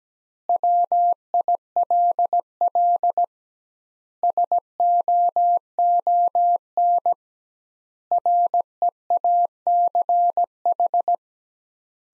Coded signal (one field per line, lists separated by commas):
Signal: Morse code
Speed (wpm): 17 wpm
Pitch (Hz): 700 Hz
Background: none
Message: WILL SOON REACH